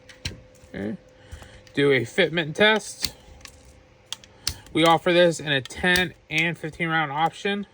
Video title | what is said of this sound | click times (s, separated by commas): Kuna Magblock 10/30 magazine limiter install | and put the floor plate back on. You're going to hear it click into place. | 0.3 s